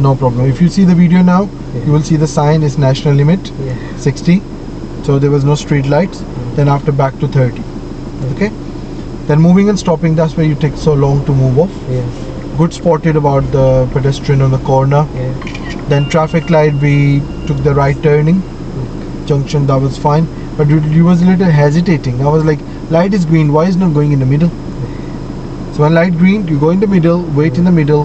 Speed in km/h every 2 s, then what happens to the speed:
0, 0, 0, 0, 0, 0, 0, 0, 0, 0, 0, 0, 0, 0.
0-28 standing.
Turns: none.